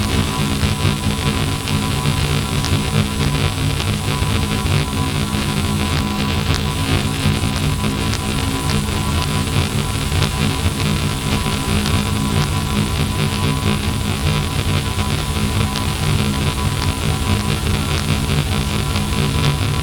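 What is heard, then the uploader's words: The power grid being disturbed as a CME hits the earth's magnetic field comes through as a dense, unbroken wash of static over a low, steady hum with stacked tones. Quick crackles and ticks flicker throughout at an even loudness. Sudden onset of Geomagnetic disturbance from recent CME! This is the sound of the power grid being disturbed as the CME interacts with the earth's magnetic field and induces voltages into power lines. G2, Max Kp=5.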